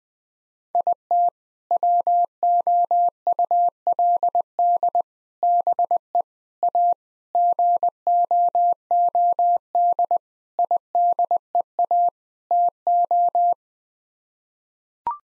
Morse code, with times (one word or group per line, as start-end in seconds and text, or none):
0.8-1.3 IT
1.7-5.0 WOULD
5.4-6.2 BE
6.6-6.9 A
7.4-10.2 GOOD
10.6-12.1 IDEA
12.5-13.5 TO